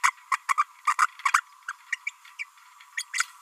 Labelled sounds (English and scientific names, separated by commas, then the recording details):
Green-rumped Parrotlet (Forpus passerinus) babbling
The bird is a female
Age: 31 days
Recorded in a nest box in Venezuela
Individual 17B32A5